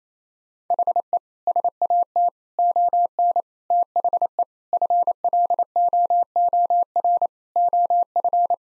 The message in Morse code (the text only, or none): HE SAT ON THE FLOOR OF